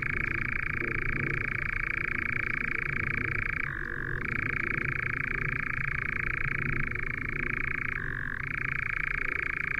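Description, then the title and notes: European nightjar produces a continuous rattling churr, switching down to a lower tone twice, near four and eight seconds, against a soft background hum. "Lyden av en nattravn by forskningno"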